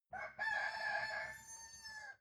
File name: cock cry